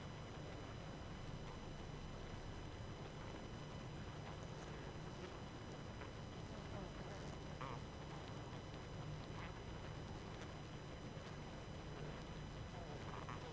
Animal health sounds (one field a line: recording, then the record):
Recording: honeybee colony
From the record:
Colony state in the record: active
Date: 12 June 2018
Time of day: 23:31